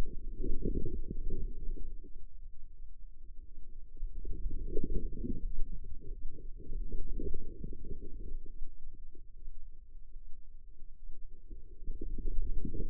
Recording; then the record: forearm muscle sounds (acoustic myography)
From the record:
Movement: inward rotation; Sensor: system 2, bracelet of six BSWA MPA416 microphones around the upper forearm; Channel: 1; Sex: female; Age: 25 years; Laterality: right